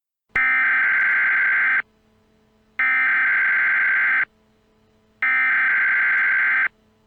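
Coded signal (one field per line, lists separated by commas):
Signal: Emergency Alert System (SAME) tones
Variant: header bursts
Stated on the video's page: Fictional EAS scenario recreation.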